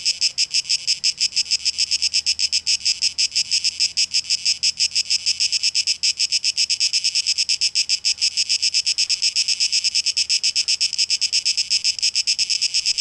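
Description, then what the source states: Cicada song, a harsh rapidly pulsed buzzing, steady and unbroken for the whole stretch. Cicadas recorded on 12 August 2023, tape echo mix.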